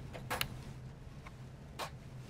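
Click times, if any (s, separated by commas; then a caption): 0.4 s, 1.3 s. A DDR4 memory module resting loose in a DIMM slot on a Dell PowerEdge R630 server motherboard is pressed down until both white retention tabs snap onto the notches in the module's sides. Two sharp clicks are heard, at 0.4 s and 1.3 s. The module is now fully seated.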